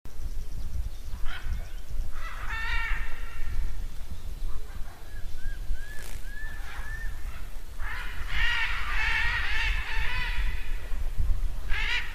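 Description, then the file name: Military macaw squawks, harsh and grating, scattered early, then a dense burst of overlapping raucous calls near the end, with a few softer whistled notes midway and constant low rumble. "canto da arara militar"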